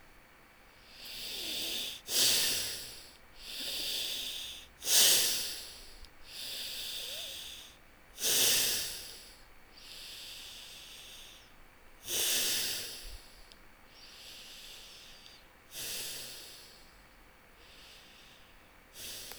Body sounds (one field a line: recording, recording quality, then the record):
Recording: shallow breathing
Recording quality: excellent, no background noise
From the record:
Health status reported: healthy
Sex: male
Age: 42 years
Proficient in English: no